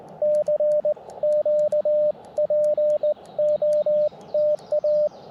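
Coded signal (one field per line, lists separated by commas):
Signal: Morse code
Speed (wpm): 19 wpm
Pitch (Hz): 590 Hz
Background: radio noise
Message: CQ POTA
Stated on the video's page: QRP Parks on the Air activation in Tuskegee National Forest, sent with a cootie key from an Elecraft KX2 into a mil whip with loading coil, including a contact with Australia.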